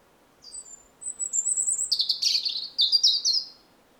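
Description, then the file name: European robin song: high thin whistles leading into a tumbling, warbled run of descending notes and chattering twitters. "Erithacus rubecula"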